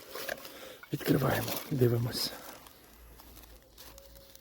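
Someone talks while handling a Fire Maple FEAST 1 anodised aluminium camping cookware set for one, opening it and moving the pot's folding handle, whose plastic part is meant to drop into a cut-out slot on the pot and lock. Brief handling knocks come near 0.3 s, 0.5 s and 4.5 s. The handle has not yet seated or locked in the slot when the clip ends.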